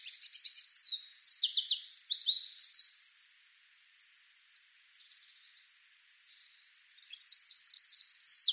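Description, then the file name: Eurasian wren song: a loud burst of rapid high notes and trills for nearly three seconds, soft twitters, then a second loud phrase. "Troglodytes troglodytes"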